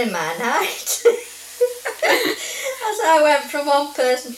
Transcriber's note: laughs